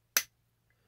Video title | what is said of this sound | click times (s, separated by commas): Diesel bad cologne my scent of today | like where it snaps in place | 0.2 s